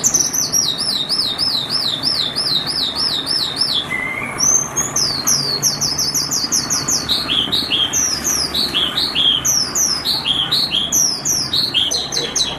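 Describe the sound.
Javan bush lark song opening with a rapid rolling series of wavering high notes, then after a short pause varied chirps and slurred phrases.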